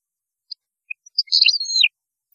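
European goldfinch song, a few soft chips leading into a short twittering phrase that ends in a high slurred whistle.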